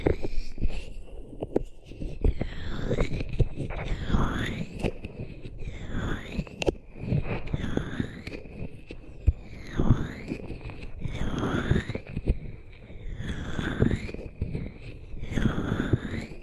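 Hands rub over ears in slow, repeated strokes, each one a soft muffled swish that rises and falls about every one to two seconds. A low rumbling friction runs underneath throughout, with occasional faint clicks and taps, and no talking.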